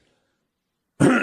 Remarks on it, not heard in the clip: Just some kind of junk in your chest or throat, you know, sinus stuff. It's like kind of a late summer cold. As I clear my throat.